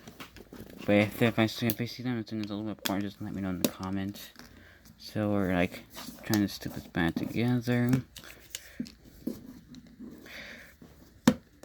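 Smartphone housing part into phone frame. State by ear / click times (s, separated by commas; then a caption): seated / 11.3 s. While an Alcatel Onetouch Fierce 2 smartphone is being reassembled after a teardown, a plastic housing part is pressed back into the phone frame. Someone talks, then faint handling ticks and scrapes follow. A sharp, loud click at 11.3 s marks the part snapping into place.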